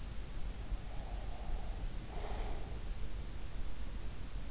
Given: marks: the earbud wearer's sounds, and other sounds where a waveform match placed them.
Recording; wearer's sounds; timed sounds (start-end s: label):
sounds in sleep by an in-ear microphone; breath
0.45-3.18 s: breath